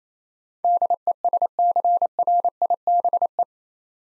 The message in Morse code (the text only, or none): DESCRIBE